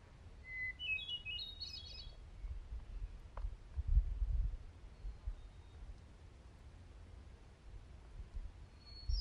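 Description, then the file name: Hermit thrush song, one clear whistled phrase opening on a steady note then breaking into higher fluty notes, a brief faint note near the end, low rumbling background noise. Recorded 21 June 2019. "20190621 Hermit Thrush"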